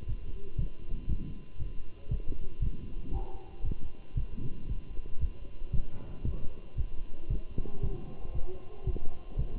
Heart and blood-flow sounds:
heart sounds by stethoscope; between the tricuspid and mitral areas; 116 bpm
0.08 s: heartbeat
0.59 s: heartbeat
1.09 s: heartbeat
1.60 s: heartbeat
2.11 s: heartbeat
2.62 s: heartbeat
3.13 s: heartbeat
3.65 s: heartbeat
4.17 s: heartbeat
4.69 s: heartbeat
5.21 s: heartbeat
5.73 s: heartbeat
6.25 s: heartbeat
6.78 s: heartbeat
7.30 s: heartbeat
7.83 s: heartbeat
8.35 s: heartbeat
8.87 s: heartbeat
9.39 s: heartbeat
From the record:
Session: walking at 3.7 km/h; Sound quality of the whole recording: good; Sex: male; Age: 27 years

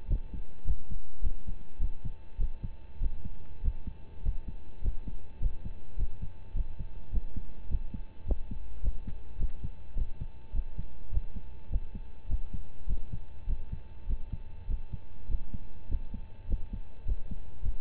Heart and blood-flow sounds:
heart sounds by stethoscope; between the tricuspid and mitral areas; 103 bpm
0.07 s: heartbeat
0.64 s: heartbeat
1.21 s: heartbeat
1.78 s: heartbeat
2.37 s: heartbeat
2.99 s: heartbeat
3.61 s: heartbeat
4.22 s: heartbeat
4.81 s: heartbeat
5.39 s: heartbeat
5.96 s: heartbeat
6.53 s: heartbeat
7.10 s: heartbeat
7.68 s: heartbeat
8.25 s: heartbeat
8.81 s: heartbeat
9.37 s: heartbeat
9.95 s: heartbeat
10.52 s: heartbeat
11.10 s: heartbeat
11.69 s: heartbeat
12.27 s: heartbeat
12.86 s: heartbeat
13.46 s: heartbeat
14.06 s: heartbeat
14.67 s: heartbeat
15.27 s: heartbeat
15.88 s: heartbeat
16.47 s: heartbeat
17.05 s: heartbeat
17.62 s: heartbeat
From the record:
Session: rest, lying down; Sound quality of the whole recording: partially saturated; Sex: male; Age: 25 years

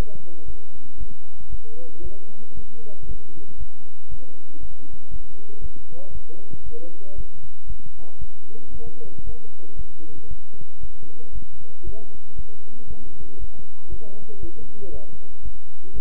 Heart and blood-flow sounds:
heart sounds by stethoscope; between the tricuspid and mitral areas; 116 bpm
0.46 s: heartbeat
0.98 s: heartbeat
1.50 s: heartbeat
2.02 s: heartbeat
2.55 s: heartbeat
3.07 s: heartbeat
3.58 s: heartbeat
4.09 s: heartbeat
4.61 s: heartbeat
5.11 s: heartbeat
5.62 s: heartbeat
6.13 s: heartbeat
6.64 s: heartbeat
7.16 s: heartbeat
7.67 s: heartbeat
8.19 s: heartbeat
8.72 s: heartbeat
9.24 s: heartbeat
9.76 s: heartbeat
10.28 s: heartbeat
10.81 s: heartbeat
11.33 s: heartbeat
11.84 s: heartbeat
12.36 s: heartbeat
12.88 s: heartbeat
13.39 s: heartbeat
13.90 s: heartbeat
14.40 s: heartbeat
14.92 s: heartbeat
15.43 s: heartbeat
15.94 s: heartbeat
From the record:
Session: bicycle stress test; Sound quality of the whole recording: good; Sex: male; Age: 23 years

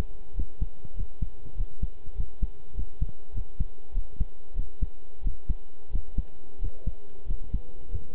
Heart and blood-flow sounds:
heart sounds by stethoscope; between the tricuspid and mitral areas; 95 bpm
0.34 s: heartbeat
0.95 s: heartbeat
1.55 s: heartbeat
2.15 s: heartbeat
2.74 s: heartbeat
3.33 s: heartbeat
3.93 s: heartbeat
4.54 s: heartbeat
5.22 s: heartbeat
5.90 s: heartbeat
6.59 s: heartbeat
7.26 s: heartbeat
7.89 s: heartbeat
From the record:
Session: pedaling a stationary bicycle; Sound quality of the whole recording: good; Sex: male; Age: 23 years

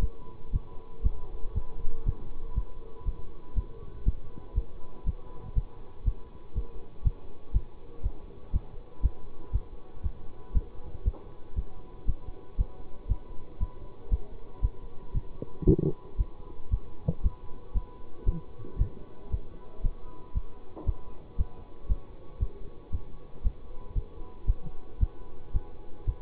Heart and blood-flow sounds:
heart sounds by stethoscope; between the tricuspid and mitral areas; 117 bpm
0.01 s: heartbeat
0.53 s: heartbeat
1.04 s: heartbeat
1.55 s: heartbeat
2.06 s: heartbeat
2.56 s: heartbeat
3.06 s: heartbeat
3.56 s: heartbeat
4.05 s: heartbeat
4.55 s: heartbeat
5.06 s: heartbeat
5.56 s: heartbeat
6.06 s: heartbeat
6.56 s: heartbeat
7.04 s: heartbeat
7.54 s: heartbeat
8.03 s: heartbeat
8.53 s: heartbeat
9.03 s: heartbeat
9.53 s: heartbeat
10.03 s: heartbeat
10.54 s: heartbeat
11.05 s: heartbeat
11.56 s: heartbeat
12.07 s: heartbeat
12.58 s: heartbeat
13.09 s: heartbeat
13.60 s: heartbeat
14.11 s: heartbeat
14.62 s: heartbeat
15.14 s: heartbeat
15.66 s: heartbeat
16.18 s: heartbeat
16.71 s: heartbeat
17.23 s: heartbeat
17.75 s: heartbeat
18.26 s: heartbeat
18.78 s: heartbeat
19.31 s: heartbeat
19.83 s: heartbeat
20.35 s: heartbeat
20.86 s: heartbeat
21.38 s: heartbeat
21.89 s: heartbeat
22.40 s: heartbeat
22.92 s: heartbeat
23.44 s: heartbeat
23.95 s: heartbeat
24.47 s: heartbeat
25.00 s: heartbeat
25.53 s: heartbeat
26.07 s: heartbeat
From the record:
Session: bicycle stress test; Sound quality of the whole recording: good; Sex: male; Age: 24 years

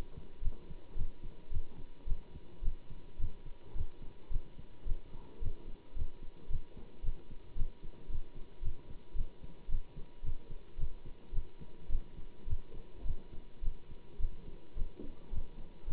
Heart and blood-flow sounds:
heart sounds by stethoscope; between the tricuspid and mitral areas; 109 bpm
0.41 s: heartbeat
0.95 s: heartbeat
1.50 s: heartbeat
2.06 s: heartbeat
2.62 s: heartbeat
3.18 s: heartbeat
3.74 s: heartbeat
4.30 s: heartbeat
4.86 s: heartbeat
5.41 s: heartbeat
5.95 s: heartbeat
6.49 s: heartbeat
7.03 s: heartbeat
7.56 s: heartbeat
8.08 s: heartbeat
8.61 s: heartbeat
9.15 s: heartbeat
9.68 s: heartbeat
10.22 s: heartbeat
10.77 s: heartbeat
11.32 s: heartbeat
11.89 s: heartbeat
12.46 s: heartbeat
13.04 s: heartbeat
13.62 s: heartbeat
14.19 s: heartbeat
14.76 s: heartbeat
15.31 s: heartbeat
15.86 s: heartbeat
From the record:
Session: Bruce protocol treadmill stress test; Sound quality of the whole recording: good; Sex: male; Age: 25 years

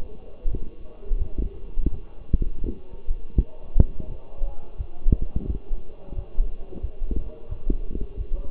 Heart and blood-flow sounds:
heart sounds by stethoscope; between the tricuspid and mitral areas; 86 bpm
0.50 s: heartbeat
1.18 s: heartbeat
1.90 s: heartbeat
2.63 s: heartbeat
3.35 s: heartbeat
4.08 s: heartbeat
4.77 s: heartbeat
5.46 s: heartbeat
6.15 s: heartbeat
6.81 s: heartbeat
7.49 s: heartbeat
8.17 s: heartbeat
From the record:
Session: walking at 3.7 km/h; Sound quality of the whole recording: partially saturated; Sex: male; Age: 24 years

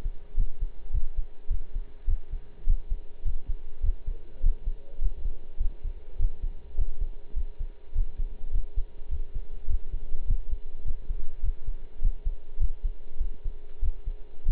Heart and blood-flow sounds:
heart sounds by stethoscope; between the tricuspid and mitral areas; 102 bpm
0.36 s: heartbeat
0.92 s: heartbeat
1.50 s: heartbeat
2.07 s: heartbeat
2.66 s: heartbeat
3.24 s: heartbeat
3.82 s: heartbeat
4.42 s: heartbeat
5.00 s: heartbeat
5.59 s: heartbeat
6.18 s: heartbeat
6.76 s: heartbeat
7.35 s: heartbeat
7.94 s: heartbeat
8.52 s: heartbeat
9.10 s: heartbeat
9.68 s: heartbeat
10.26 s: heartbeat
10.84 s: heartbeat
11.42 s: heartbeat
12.01 s: heartbeat
12.59 s: heartbeat
13.19 s: heartbeat
13.81 s: heartbeat
14.44 s: heartbeat
From the record:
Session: pedaling a stationary bicycle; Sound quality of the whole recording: partially saturated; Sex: male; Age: 23 years

